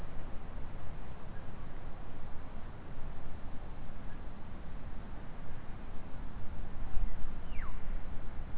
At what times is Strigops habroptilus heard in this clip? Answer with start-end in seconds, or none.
none